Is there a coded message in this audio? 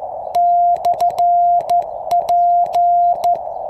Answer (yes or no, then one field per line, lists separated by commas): yes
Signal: Morse code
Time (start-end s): 0.4-3.3 s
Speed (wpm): 14 wpm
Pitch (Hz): 700 Hz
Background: none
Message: /P